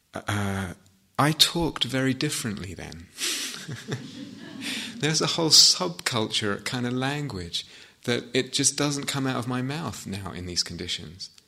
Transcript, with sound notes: I talked very differently then. [laughter] There's a whole sub-culture kind of language, that it just doesn't come out of my mouth now in these conditions.